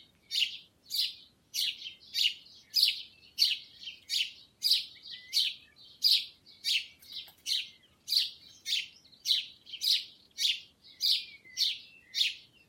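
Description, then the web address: Sparrow chirping in a long, fairly even series of loud high notes, roughly one every half second, over a quiet background. "воробей"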